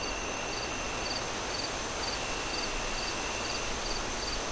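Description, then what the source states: Cricket chirps recur about twice a second, soft beneath a loud wash of wind and a steady high-pitched hum. Crickets chirping at night as the moon rises, with wind howling through trees in gusts.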